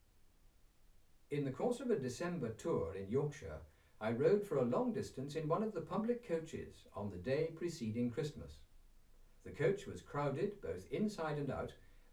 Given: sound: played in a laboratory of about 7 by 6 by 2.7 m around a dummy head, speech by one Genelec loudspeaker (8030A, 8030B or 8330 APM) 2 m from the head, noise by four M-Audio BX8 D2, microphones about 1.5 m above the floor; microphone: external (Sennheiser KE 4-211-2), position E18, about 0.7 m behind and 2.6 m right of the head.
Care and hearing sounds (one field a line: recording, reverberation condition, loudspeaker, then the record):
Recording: male speech in English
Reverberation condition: low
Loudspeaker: 30 degrees to the left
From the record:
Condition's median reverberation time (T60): about 310 ms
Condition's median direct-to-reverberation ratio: about 3.5 dB